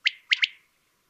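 Common quail producing one bright triple-note phrase, a lone note followed closely by a quick pair, then silence.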